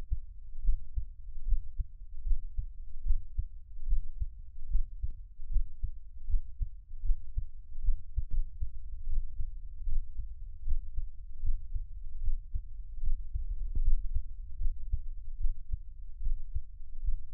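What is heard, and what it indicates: Steady, muffled low thumps at about 76 beats a minute, an adult's own heartbeat heard over a faint hum, with no talking.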